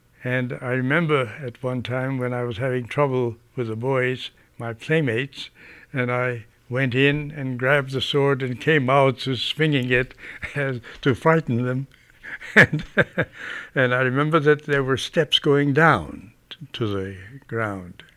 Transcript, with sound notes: And I remember at one time, when I was having trouble with the boys, my playmates, and I went in and grabbed the sword and came out swinging it to frighten them. (he laughs) And, and I remember that there were steps going down to the ground.